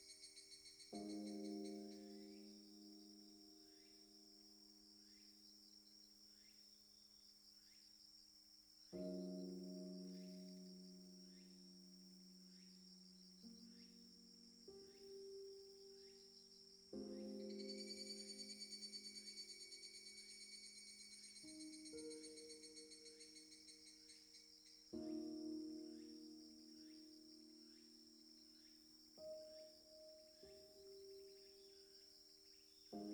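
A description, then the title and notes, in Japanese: Higurashi cicadas call in a steady, shrill chorus, their rapid pulsing trill repeating without pause throughout. Underneath, soft sustained low tones swell in every eight seconds or so and shift pitch with each new entry, like slow changing chords. 睡眠用BGMとしてひぐらし（蝉）の音をメインにした音声を作成しました。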